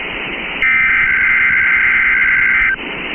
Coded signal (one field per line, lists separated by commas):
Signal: Emergency Alert System (SAME) tones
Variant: header bursts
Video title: Special Marine Warning (12/25/25) [EAS #333]